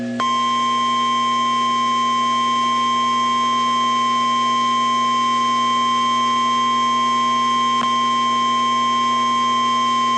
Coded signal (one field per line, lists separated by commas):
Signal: Emergency Alert System (SAME) tones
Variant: 1050 Hz attention tone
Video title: Tornado Watch (EAS #427)